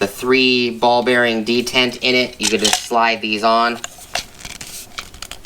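Someone talks, then handling sounds follow as a plastic quick-connect coupling with a three-ball-bearing detent is slid onto the hose adapter of a DeWalt DWH050K large hammer dust extractor, with light sharp ticks near 4.2, 5.0 and 5.2 seconds. Nothing has locked or seated yet by the end of the clip.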